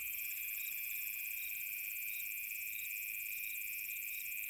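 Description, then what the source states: Cricket: shrill insect chirping, steady and high, with a faint descending fluttery sound early and a constant buzzing background. Summer night.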